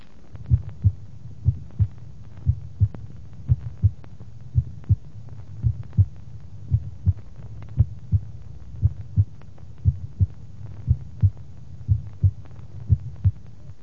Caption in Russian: Вначале приведена запись нормальных тонов сердца.